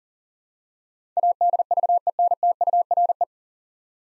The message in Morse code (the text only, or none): ADVENTURE